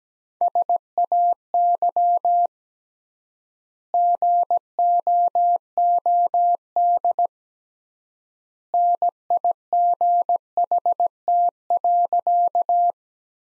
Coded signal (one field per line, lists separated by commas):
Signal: Morse code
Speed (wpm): 17 wpm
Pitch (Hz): 700 Hz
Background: none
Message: SAY GOOD NIGHT.